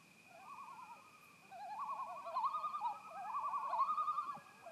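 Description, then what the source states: Loon trading loud, rapidly wavering tremolo calls that overlap and build in the middle, with a steady high-pitched hum behind them. Several loons at Sunset Lodge, 10 September 2018.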